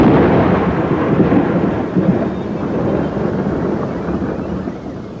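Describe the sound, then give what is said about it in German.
Stormy wind at night roars with a deep, sustained rumble of thunder, a dense low-heavy wash of noise that stays loud and steady throughout, fading slightly toward the end, with no voices. “Bei diesem Wind kann ich kaum sehen, wo ich hintrete.”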